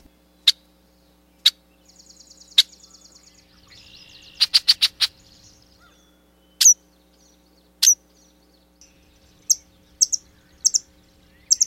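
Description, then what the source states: Red-winged blackbird calls: sharp, spaced chip notes, a brief buzzy rattle and a quick burst of clicks, then more chips repeated every second or so. Recorded in fall, November 2008.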